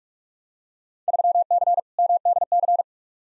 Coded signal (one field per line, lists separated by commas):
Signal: Morse code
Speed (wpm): 46 wpm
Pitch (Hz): 700 Hz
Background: none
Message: 3C MDC